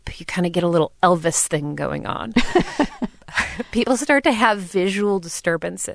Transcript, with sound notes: You kind of get a little Elvis thing going on.
(Laughter).
People start to have visual disturbances.